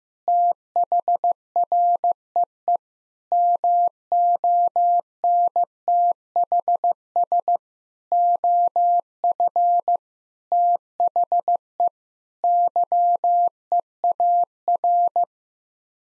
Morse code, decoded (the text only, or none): THREE MONTHS OF THE YEAR